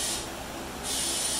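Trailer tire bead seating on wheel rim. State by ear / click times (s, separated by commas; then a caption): not seated / none. A small trailer tire is being inflated on its steel wheel rim, and the clip is a steady high-frequency hiss of air that dips quieter between about 0.2 and 0.8 seconds before returning at full strength. No pop or click is heard; the bead has not yet seated on the rim.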